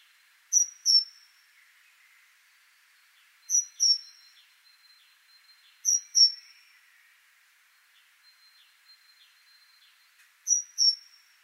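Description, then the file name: Great tit repeating a bright, high two-note phrase four times at irregular intervals, with a quiet hiss and faint ticking behind. "Parus major"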